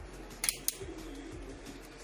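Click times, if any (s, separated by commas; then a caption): 0.4 s, 0.5 s, 0.7 s. A DDR3L SO-DIMM memory module is lined up by its gold contacts with the RAM slot of an Acer Aspire E 15 E5-573G-376F laptop (2018) and pressed down into it. Sharp clicks at 0.4 s, 0.5 s and 0.7 s mark the retaining clips snapping home, and the module is seated. The clicks stand out over a low steady background hum, and there is no talk.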